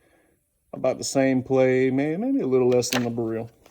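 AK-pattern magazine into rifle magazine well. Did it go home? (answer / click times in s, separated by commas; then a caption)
no / none. A steel AK-pattern magazine is being handled at the magazine well of a WASR-3 rifle while someone talks throughout. A faint short tick comes near the end, but nothing has seated or clicked yet.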